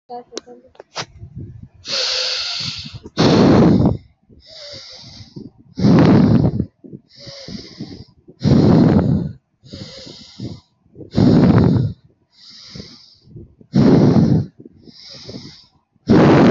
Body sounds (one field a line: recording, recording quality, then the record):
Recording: deep breathing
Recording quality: excellent, no background noise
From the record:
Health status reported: healthy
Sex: male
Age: 24 years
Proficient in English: yes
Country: India